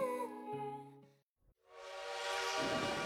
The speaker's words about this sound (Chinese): 火车又缓慢爬了一夜